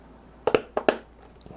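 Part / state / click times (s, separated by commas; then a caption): memory module into motherboard DIMM slot / seated / 0.5 s, 0.9 s. A desktop DDR4 memory stick is pushed down into a motherboard DIMM slot until both retention latches click, with the clicks at 0.5 s and 0.9 s. Four sharp snaps are heard in pairs over a quiet background, around 0.5 s and 0.5 s, then 0.8 s and 0.9 s. The module is seated, and the two clicks are judged a good sound.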